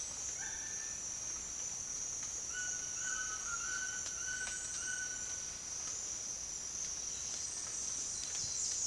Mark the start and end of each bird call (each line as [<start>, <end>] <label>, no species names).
[0.30, 1.00] bird call
[2.49, 5.36] bird call